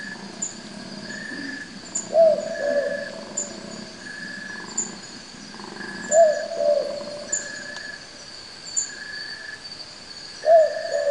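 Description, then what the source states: Sooty Owl calls as brief falling whistles, each with a hooked downward slur, repeated roughly every four seconds over constant cricket trills. Recorded at night in forest by an acoustic recorder deployed to detect koala calls.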